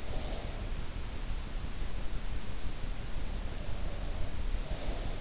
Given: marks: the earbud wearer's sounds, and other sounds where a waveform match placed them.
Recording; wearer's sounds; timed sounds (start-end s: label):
sounds in sleep by an in-ear microphone; breath
0.00-0.74 s: breath
4.60-5.17 s: breath